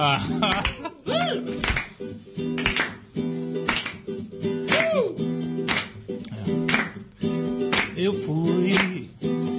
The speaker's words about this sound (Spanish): Palmas.